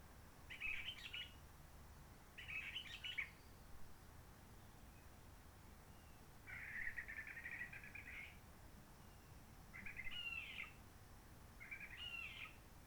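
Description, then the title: Réunion bulbul song: five brief warbled phrases at irregular intervals, whistled and slightly scratchy, over quiet background hiss. Roche Merveilleuse forest, Réunion; quiet since 19 March 2020 lockdown, no hikers, microlights or helicopters; sunny blue sky; birds not very active; bulbul sings simpler, short phrases, habituated to aircraft noise pollution. "Roche Merveilleuse, Réunion - Merle de lîle de la Réunion."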